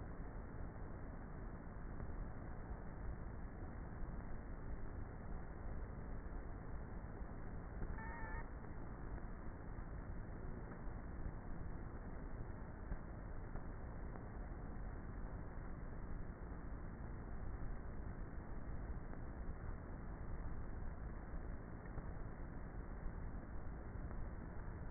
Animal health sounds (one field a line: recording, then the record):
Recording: honeybee colony, microphone inside the hive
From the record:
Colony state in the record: queenless with a low population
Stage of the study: before two queens were removed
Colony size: about 30,000 bees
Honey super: no